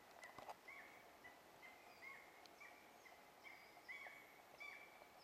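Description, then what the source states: European honey buzzard uttering a series of short whistled whimpers, repeated roughly every half second, some with a slight downward inflection, over steady background hiss. Honey buzzard recorded in Hexhamshire on 18 June 2010, giving an anxiety whimper.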